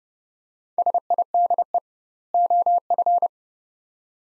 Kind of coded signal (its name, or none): Morse code